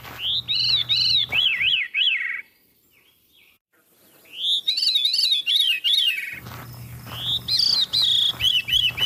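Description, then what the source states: Veery song: breezy, fluting phrases of wavering notes spiralling downward, three phrases separated by pauses. Song spirals downward like a marble going down a spiral rail, the opposite of the Swainson's thrush.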